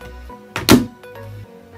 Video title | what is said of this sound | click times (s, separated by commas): PROTECTIVE CASE AND SCREEN PROTECTOR - SWITCH ACCESSORIES - UNBOXING + REVIEW - TECH TUESDAY | it clicked in and that is for the protector so | 0.7 s